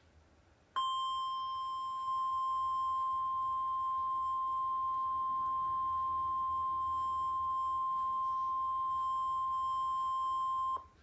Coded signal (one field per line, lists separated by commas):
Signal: Emergency Alert System (SAME) tones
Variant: 1050 Hz attention tone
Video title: EAS Compilation: 2 TOA/1 TOR/2 FLW/8 SVR | NOAA Weather Radio (4/2/2014)